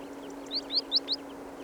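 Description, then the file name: Great tit calls: four short, high, rising chirps in quick succession, each about a fifth of a second apart, over a steady low hum. "Parus major"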